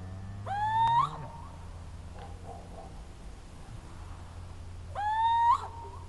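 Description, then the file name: Little owl territorial calls, two drawn-out rising mewing hoots about four seconds apart, each ending with an upward flick, over quiet low hum. "Sycek obecny teritorialni hlas"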